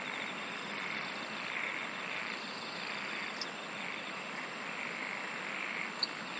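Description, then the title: Insects chorusing, a high rapid pulsing trill over a softly throbbing buzz, with a couple of faint ticks. "SINGING OF INSECTS"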